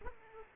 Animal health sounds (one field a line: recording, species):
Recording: mosquito wingbeat signal from an infrared sensor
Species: Aedes aegypti